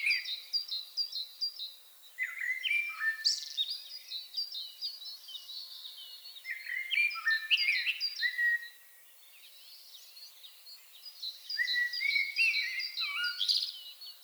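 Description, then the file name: Common blackbird giving fluty, warbled phrases in bursts with short pauses, over a dense background of high-pitched twittering and trilling from other birds. "Turdus merula"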